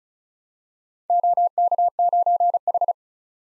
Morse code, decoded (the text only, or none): OK9H